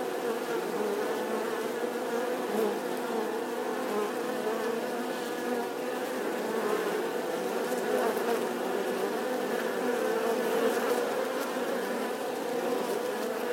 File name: Tieng bay ong vo ve ngoai to